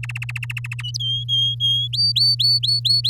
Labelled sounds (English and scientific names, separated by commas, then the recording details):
Domestic Canary (Serinus canaria) song
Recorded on 9 May 2018 at 06:16
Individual llb16